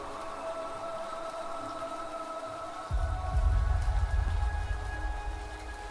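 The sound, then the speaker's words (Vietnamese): Steady hiss of heavy rain with a faint tonal hum, then a deep rumbling gust of wind surges in about halfway through and keeps blowing. No one speaks. “Gió giật mạnh, tiếng gió hú oan nghiệt như đang khóc thương cho một kiếp người. Cơn mưa cuốn trôi đi tất cả, cuốn phẳng đi những vết máu đang lăn dài trên con đường hướng về khu nghĩa địa.”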